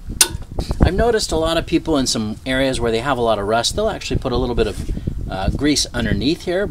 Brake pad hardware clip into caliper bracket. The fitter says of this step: so just make sure that that lines up with the rotor and those just snap into place